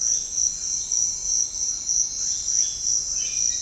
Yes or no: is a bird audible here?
yes